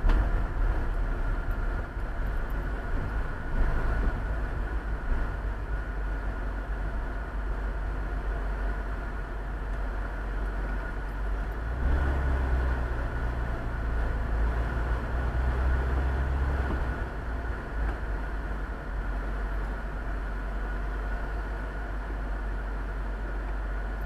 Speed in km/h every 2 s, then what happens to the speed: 19, 16, 16, 14, 11, 7, 9, 12, 13, 8, 5, 0.
0-10 slows to 7. 10-16 steady at about 9. 16-24 slows to 0.